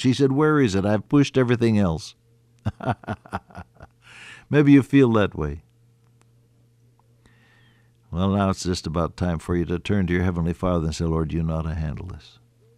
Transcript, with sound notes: She said, “Where is it? I’ve pushed everything else.” [chuckle] Maybe you feel that way. Well, now it’s just about time for you to turn to your heavenly Father and say, “Lord, you know how to handle this.”